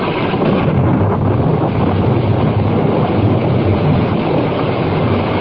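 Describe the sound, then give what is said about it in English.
Steady, heavy rain pours down on the parched earth of an island, ending a drought, in a dense, continuous hiss with a low rumbling undertone, holding at an even loudness throughout with no voices. “Rain. Oh, gentle rain. The drought is ended.”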